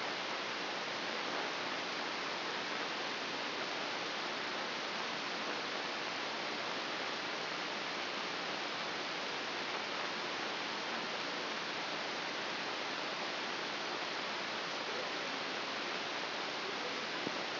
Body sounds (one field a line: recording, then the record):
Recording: brain microelectrode recording played as sound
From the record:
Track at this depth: inside the subthalamic nucleus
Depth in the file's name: 2.632 mm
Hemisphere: left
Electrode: 3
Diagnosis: Parkinson's disease